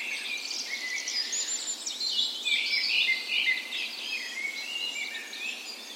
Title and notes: 17th Of May Dawn Chorus. Recorded on the morning of Norways National Day the 17th of May in a park west in Bergen. Spring is in full effect, and the dawn chorus sounds wonderful!